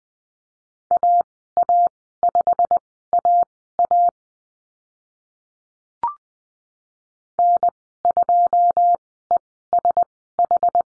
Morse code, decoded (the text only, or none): AA5AA N2ESH